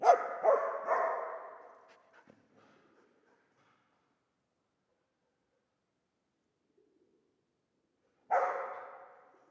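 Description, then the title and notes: Dog barking three times rapidly at the start, then a long silence of several seconds before one final loud bark. Old dog trapped in the pool basin of the decaying Palais El Glaoui courtyard, Fès, Morocco; full sun, circling, rearing on hind legs to bark at visitors; recorded with Zoom F3 and ORTF microphone. "Fès, Fès-Meknès, Maroc - le chien du palais El Glaoui. Dans la cour du palais (en décrépitude avancée), un vieux chien est "prisonnier" dans le bassin/piscine. Il se dresse sur ses pattes arrières pour entrevoir quelques secondes ce qui se passe dans la cour et "invective" les visiteurs de ses aboiements. JF CAVRO"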